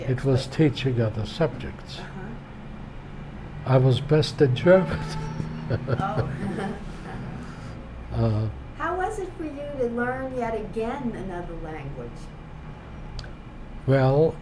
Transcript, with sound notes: It was teaching other subjects. I was best in German. (laughing)
How was it for you to learn yet again another language?
Well,